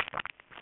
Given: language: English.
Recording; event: throat vibration sensor signal played as sound; swallow